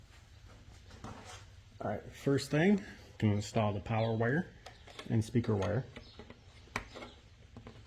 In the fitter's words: Just snaps into place, just like that.